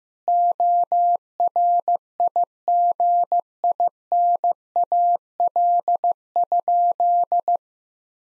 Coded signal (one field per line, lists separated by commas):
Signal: Morse code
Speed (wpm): 16 wpm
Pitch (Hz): 700 Hz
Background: none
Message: ORIGINAL?